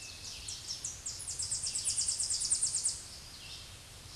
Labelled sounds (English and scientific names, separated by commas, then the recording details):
Tennessee Warbler (Leiothlypis peregrina) song
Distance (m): 25 m
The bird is about 20 m above the microphone
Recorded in a Pennsylvania forest on 16 May 2024 at 07:59
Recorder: AudioMoth, point MSD-2208
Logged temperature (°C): 15.2 °C
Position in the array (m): 132 m, 98 m